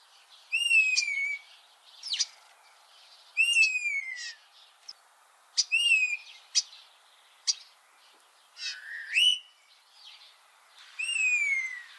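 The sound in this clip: Common starling calls: clear whistles that slide downward, mixed with sharp clicks and short buzzy notes.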